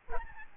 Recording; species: mosquito wingbeat signal from an infrared sensor; Aedes albopictus